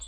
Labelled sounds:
Hermit Warbler (Setophaga occidentalis) flight call

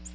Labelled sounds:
Ovenbird (Seiurus aurocapilla) flight call

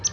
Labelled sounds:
Palm Warbler (Setophaga palmarum) flight call

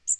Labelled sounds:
Magnolia Warbler (Setophaga magnolia) flight call

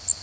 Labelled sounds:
Connecticut Warbler (Oporornis agilis) flight call

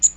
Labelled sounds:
Magnolia Warbler (Setophaga magnolia) flight call

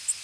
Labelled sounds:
Blackburnian Warbler (Setophaga fusca) flight call

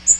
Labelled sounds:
Magnolia Warbler (Setophaga magnolia) flight call

